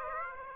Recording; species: mosquito wingbeat signal from an infrared sensor; Aedes aegypti